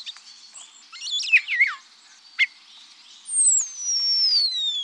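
Common starling song: jumbled squeaky notes and falling slurs, a sharp click, then a long, high whistle sliding slowly down.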